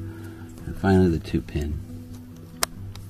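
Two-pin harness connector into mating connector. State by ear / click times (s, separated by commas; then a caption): seated / 2.6 s. A two-pin plastic harness connector is pushed home into its mating connector while installing the main wire harness on a BMW G650GS. Someone talks over a steady background hum, and a sharp click is heard at 2.6 seconds as the connector seats.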